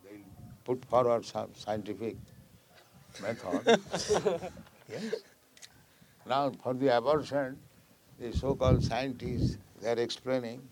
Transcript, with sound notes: They'll put forward some scientific method... [laughter] Yes. Now for the abortion the so-called scientists, they're explaining